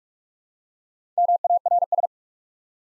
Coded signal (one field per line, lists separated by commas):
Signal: Morse code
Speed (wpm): 44 wpm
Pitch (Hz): 700 Hz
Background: none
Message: MARS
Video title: Easy Words with Hints - 45wpm